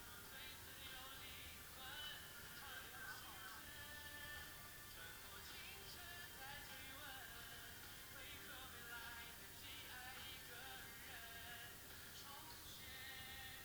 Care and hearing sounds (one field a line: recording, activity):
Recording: daily activity, guitar pickup as the sensor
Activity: browse video